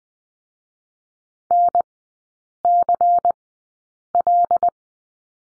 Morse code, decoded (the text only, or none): NCL